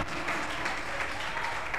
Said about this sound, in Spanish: Si tú crees que tú eres un amigo con Dios, que tú puedes tener amistad con Él, que tú puedes compartir con Él a la hora que sea, dale un aplauso a Dios por esa amistad.